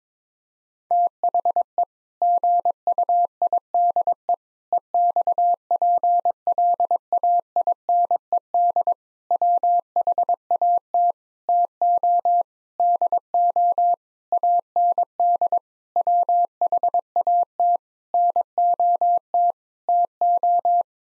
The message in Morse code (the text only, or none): THE GUIDE EXPLAINED WHAT TO DO AND WHAT NOT TO